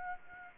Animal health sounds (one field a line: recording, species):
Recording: mosquito wingbeat signal from an infrared sensor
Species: Aedes aegypti